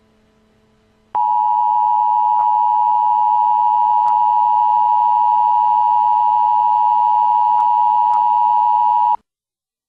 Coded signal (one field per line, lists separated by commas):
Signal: Emergency Alert System (SAME) tones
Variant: 853 and 960 Hz attention tone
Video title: EAS F.E.M.A. FOR THE U.S. NATIONAL TEST WILL BE CONDUCTED ON 11/9/11 VIDEO EFFECTS EVERYONE IN U.S.